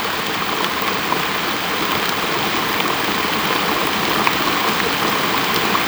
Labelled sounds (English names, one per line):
none